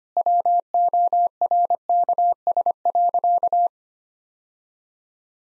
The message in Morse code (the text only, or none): WORKS.